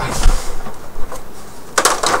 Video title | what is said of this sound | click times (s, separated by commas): how to take apart xbox elite/pro, hot swap, and put back together | and this just snaps right on just like that | 1.8 s